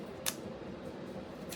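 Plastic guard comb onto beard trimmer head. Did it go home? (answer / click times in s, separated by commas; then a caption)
no / none. A plastic guard comb is handled and slid onto the head of a Philips Norelco Beard Trimmer 5000 Series, a waterproof beard styler with a precision dial. A brief sharp tick sounds at 0.3 s and a fainter one at 1.5 s over a steady low hum. Nothing has seated or clicked into place yet.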